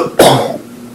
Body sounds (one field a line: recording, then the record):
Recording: coughing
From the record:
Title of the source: Coughing 77